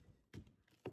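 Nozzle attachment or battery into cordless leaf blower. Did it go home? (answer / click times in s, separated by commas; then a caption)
yes / 0.3 s, 0.9 s. A nozzle attachment or battery is fitted onto a cordless leaf blower, 720 CFM and Dewalt battery compatible. Two sharp hits sound at 0.3 s and 0.9 s over a low background, and the part locks in place.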